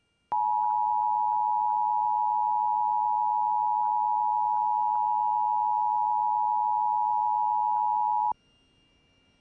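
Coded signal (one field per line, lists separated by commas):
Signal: Emergency Alert System (SAME) tones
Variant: 853 and 960 Hz attention tone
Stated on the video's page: Considerable severe thunderstorm warning with a "Dangerous Storm" tag, broadcast on KFAF Radio for Downtown New Orleans.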